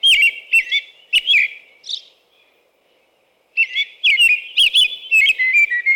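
American robin song of rich whistled carols in a quick series, a silent gap of over a second, then another run of rising and falling phrases.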